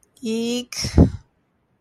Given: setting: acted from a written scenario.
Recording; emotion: vocal sound without words; guilt